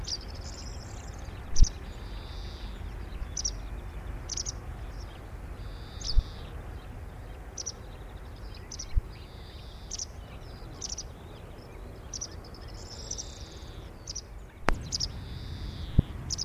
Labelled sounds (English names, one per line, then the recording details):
White Wagtail call
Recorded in the wild
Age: adult
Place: Erlangen, Bayern, DE
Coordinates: 49.5922, 10.9836
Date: 1962-06-13
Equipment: Original, Vollspur
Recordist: Tretzel, Erwin